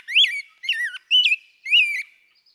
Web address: birdsongforthecurious songs Rose-breasted Grosbeak